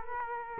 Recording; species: mosquito wingbeat signal from an infrared sensor; Culex quinquefasciatus